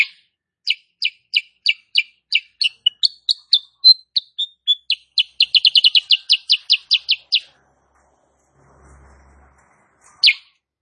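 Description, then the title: Bulbul chirping song: a long run of sharp, high chirps, steady at first, then speeding into a rapid burst before stopping; a brief low hum and a final chirp follow. Female sooty-headed bulbul (kutilang sutra), singing continuously and rapidly; recording used as master song for training cage birds. "Masteran Kutilang Sutra. Kutilang SUTRA BETINA GACOR nembak RAPAT"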